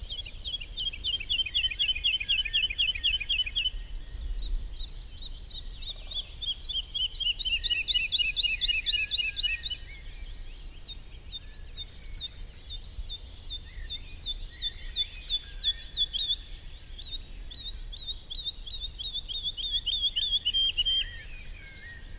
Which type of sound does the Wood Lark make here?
song